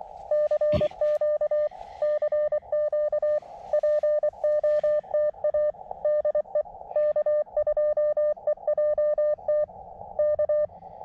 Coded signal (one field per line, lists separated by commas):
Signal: Morse code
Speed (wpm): 23 wpm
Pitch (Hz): 590 Hz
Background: none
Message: CQ CQ POTA DE K2EJT K